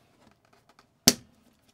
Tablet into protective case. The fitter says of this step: what's that like so your tablet is supposed to click right in